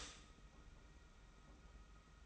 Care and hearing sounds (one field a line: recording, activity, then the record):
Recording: daily activity, microphone in the room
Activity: stop toaster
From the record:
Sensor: 1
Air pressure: 991.7 hPa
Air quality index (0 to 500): 171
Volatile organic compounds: 1000 ppm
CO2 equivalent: 6460 ppm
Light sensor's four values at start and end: 32/107/41/43 and 32/107/41/43